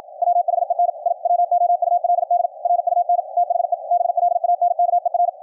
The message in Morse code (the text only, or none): WHEN I WOULD RUN THE BLANKER